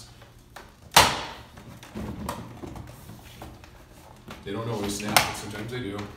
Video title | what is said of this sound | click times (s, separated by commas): Marvin Tilt Pac & Pre 1998 Double Hung Balance Tube Replacement | we're gonna go hear a little snap | 1.0 s